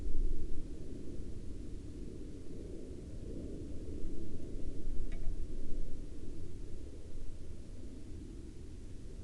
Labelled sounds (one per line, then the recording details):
aircraft
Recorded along the Dempster Highway, Canada, on 28 April 2019 at 04:36
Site 15